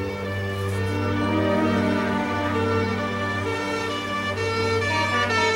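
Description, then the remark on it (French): Fire engines with their sirens blaring at night during flood rescue work in Fréjus, France: a loud, steady wail of layered tones that holds almost unbroken for several seconds, with engine rumble underneath and no voices. “Valse incessante de camions de pompiers, les secouristes s'affairent depuis le début de la nuit pour tenter de sauver les survivants.”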